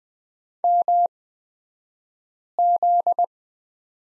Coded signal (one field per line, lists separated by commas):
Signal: Morse code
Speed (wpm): 20 wpm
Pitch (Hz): 700 Hz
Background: none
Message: MZ